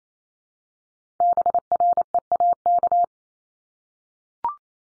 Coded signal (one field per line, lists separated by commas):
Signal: Morse code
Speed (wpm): 28 wpm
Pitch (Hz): 700 Hz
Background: none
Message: BREAK